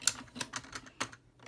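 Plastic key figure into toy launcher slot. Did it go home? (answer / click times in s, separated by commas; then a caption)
no / none. A plastic toy key figure is pushed repeatedly into a toy launcher slot, producing a series of short, sharp plastic taps at about 0.1, 0.4, 1.0 and 1.5 seconds. The piece does not connect, possibly because it is turned the wrong way, and nothing has seated or clicked yet.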